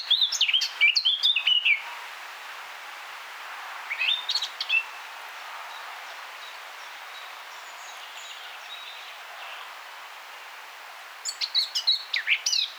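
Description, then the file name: Eurasian blackcap delivering a quick burst of chattering high notes, a brief phrase midway, then a long quiet stretch before another rapid twittering burst at the end. "Sylvia atricapilla"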